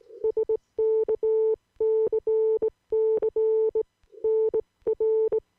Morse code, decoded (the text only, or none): SKCC NR